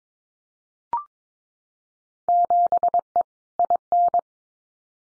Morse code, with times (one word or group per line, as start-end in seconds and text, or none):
2.3-3.2 7E
3.6-4.2 IN